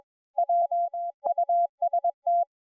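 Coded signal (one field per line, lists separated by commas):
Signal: Morse code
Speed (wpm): 20 wpm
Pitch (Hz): 690 Hz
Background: none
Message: W UST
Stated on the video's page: 80m CW contact received on SDRplay RSP1-A with SDRuno; transmitter ICOM IC-718 100W; 80/40m fan dipole 20 feet up.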